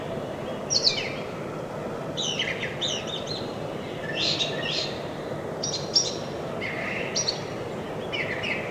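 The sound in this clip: Brown thrasher song: changing phrases of harsh, buzzy notes at irregular intervals, over steady background noise.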